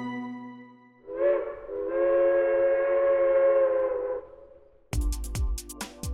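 A train whistle blows a long, steady, reedy tone for about three seconds, fades, and then a rhythmic clatter of rolling wheels on rails starts up loudly.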